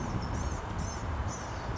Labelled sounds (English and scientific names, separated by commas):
Blue-gray Gnatcatcher (Polioptila caerulea)